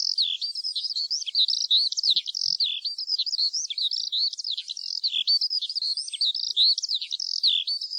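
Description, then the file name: Eurasian skylark song: continuous high warbling with quick rising and falling twitters strung together without a break. "ALLODOLA"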